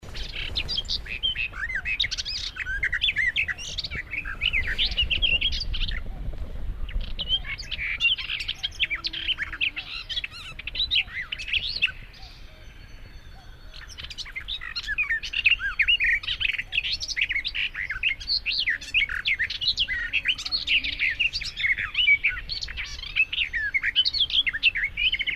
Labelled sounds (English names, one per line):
Garden Warbler song